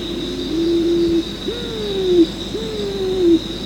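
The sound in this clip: Pigeon uttering three drawn-out tonal coos, the later two rising abruptly before sliding downward, set against a continuous high hum.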